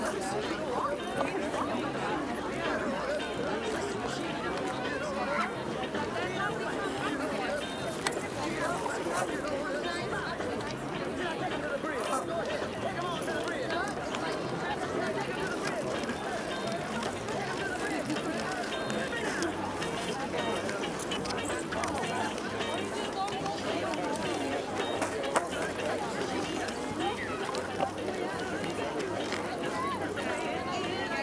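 Hundreds of people go about their activities on the Tempelhofer Freiheit in Berlin, their voices merging into a steady, dense babble. Loudness holds even for the whole half minute, with brief sharper sounds popping out now and then and a low rumble underneath.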